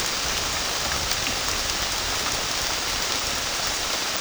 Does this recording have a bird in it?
no